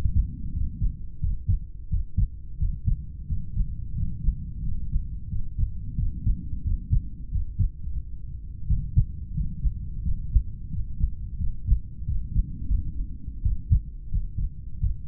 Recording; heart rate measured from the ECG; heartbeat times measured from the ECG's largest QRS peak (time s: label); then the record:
heart sounds by stethoscope; 88 bpm
0.51 s: heartbeat
1.19 s: heartbeat
1.88 s: heartbeat
2.57 s: heartbeat
3.25 s: heartbeat
3.93 s: heartbeat
4.61 s: heartbeat
5.28 s: heartbeat
5.95 s: heartbeat
6.62 s: heartbeat
7.29 s: heartbeat
7.90 s: heartbeat
8.66 s: heartbeat
9.32 s: heartbeat
10.01 s: heartbeat
10.68 s: heartbeat
11.36 s: heartbeat
12.04 s: heartbeat
12.65 s: heartbeat
13.41 s: heartbeat
14.09 s: heartbeat
14.78 s: heartbeat
From the record:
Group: heart failure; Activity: rest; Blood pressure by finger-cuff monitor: 86/51 mmHg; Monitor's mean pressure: 60 mmHg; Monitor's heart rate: 87 bpm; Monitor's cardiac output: 7.4 L/min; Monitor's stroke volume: 83 mL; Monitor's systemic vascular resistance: 560 dyn s/cm5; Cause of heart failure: idiopathic cardiomyopathy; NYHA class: 2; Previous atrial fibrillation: present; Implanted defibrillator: present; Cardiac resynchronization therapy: present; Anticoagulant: warfarin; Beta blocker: metoprolol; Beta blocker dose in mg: 50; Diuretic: furosemide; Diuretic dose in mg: 40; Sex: male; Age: 62 years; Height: 184 cm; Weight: 101 kg